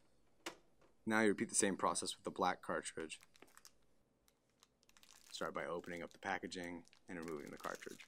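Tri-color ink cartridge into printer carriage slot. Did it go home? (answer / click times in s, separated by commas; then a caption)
yes / 0.5 s. A tri-color ink cartridge for an HP Deskjet 1010 printer is pushed all the way into its carriage slot and snaps into place with a single sharp click at 0.5 s. Someone then talks, with a few faint ticks and handling sounds in a quiet pause around 3.4 to 5.1 s. The cartridge is seated.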